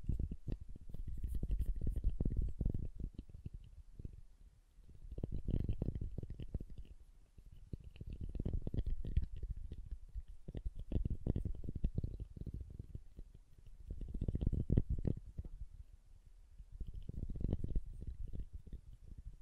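Soap being tapped and carved, heard as dense, low, crackly scraping that comes in bursts of a few seconds each. Short gaps fall between passes, near 5, 7.5 and 16 seconds. A faint high hiss runs steadily underneath.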